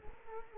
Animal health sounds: mosquito wingbeat signal from an infrared sensor; Culex quinquefasciatus

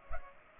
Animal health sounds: mosquito wingbeat signal from an infrared sensor; Culex pipiens

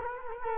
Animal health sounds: mosquito wingbeat signal from an infrared sensor; Culex quinquefasciatus

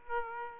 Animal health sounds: mosquito wingbeat signal from an infrared sensor; Aedes aegypti

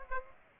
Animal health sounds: mosquito wingbeat signal from an infrared sensor; Aedes aegypti

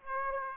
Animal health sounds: mosquito wingbeat signal from an infrared sensor; Aedes aegypti

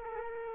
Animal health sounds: mosquito wingbeat signal from an infrared sensor; Culex quinquefasciatus

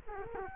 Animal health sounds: mosquito wingbeat signal from an infrared sensor; Culex quinquefasciatus

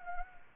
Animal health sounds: mosquito wingbeat signal from an infrared sensor; Anopheles gambiae

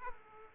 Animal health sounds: mosquito wingbeat signal from an infrared sensor; Aedes aegypti

